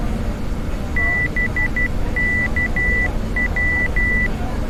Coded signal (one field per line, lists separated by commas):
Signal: Morse code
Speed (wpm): 12 wpm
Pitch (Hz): 2000 Hz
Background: none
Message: BKW